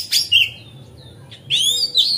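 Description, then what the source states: Oriental magpie-robin: two short bright phrases of sliding, high whistles separated by a brief pause. Song tutoring (masteran), made on a terrace.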